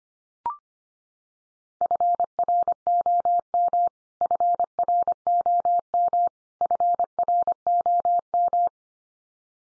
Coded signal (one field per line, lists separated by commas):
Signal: Morse code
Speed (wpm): 25 wpm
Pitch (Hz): 700 Hz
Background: none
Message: FROM FROM FROM